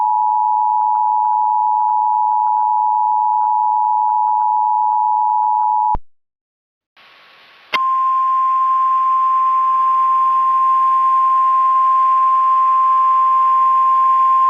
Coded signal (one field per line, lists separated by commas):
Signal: Emergency Alert System (SAME) tones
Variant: 853 and 960 Hz attention tone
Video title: Tripleverse War of the Century Deleted EAS Scenes: Green and Orange Lightning Detected by NWS